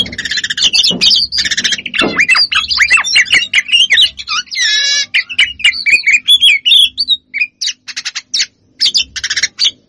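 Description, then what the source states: Lovebird long chattering song, a run of sharp high twitters, sliding squeaks and a brief trilled rattle, fast and continuous. Long chattering song (ngekek panjang), used as a training master for other birds.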